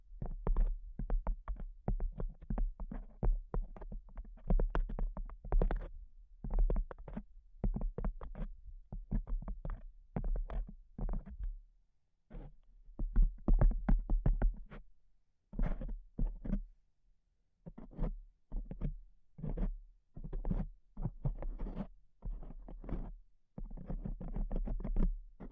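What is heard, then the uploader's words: Dry tapping with a dull, low thump under each hit. For the first twelve seconds the taps come fast and crowded together, then they break into slower bursts separated by short silences, picking up speed again near the end. ASMR Pure Tapping Fast and Slow (No Talking).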